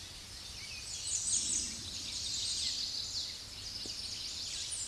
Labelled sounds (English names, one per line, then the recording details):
American Redstart song
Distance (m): 20 m
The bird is about 15 m above the microphone
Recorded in a Pennsylvania forest on 16 May 2024 at 07:00
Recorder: AudioMoth, point MSD-2273
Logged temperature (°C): 16.0 °C
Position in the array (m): 49 m, 231 m